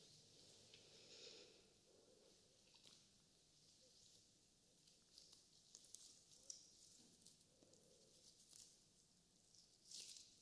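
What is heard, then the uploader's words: Slime is squished and pressed, wet sticky clicks and soft smacks coming steadily, with brighter squelches around two and ten seconds. ASMR SQUISH BINAURAL SOUNDS SLIME.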